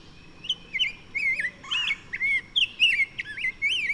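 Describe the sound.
Bird song: continuous warbling of quick, wavering whistled notes that rise and fall, with brief gaps between short groups.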